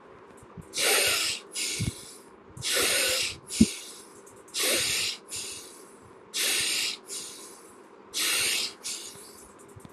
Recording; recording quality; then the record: shallow breathing; excellent, no background noise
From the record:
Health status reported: healthy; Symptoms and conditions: none ticked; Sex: male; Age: 39 years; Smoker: yes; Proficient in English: yes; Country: India